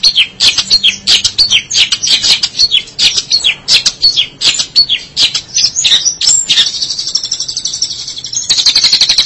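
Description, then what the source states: Long-tailed shrike song made of varied sharp chirps and squeaky notes at an uneven pace, then a rapid high buzzy trill near the end. March 2017.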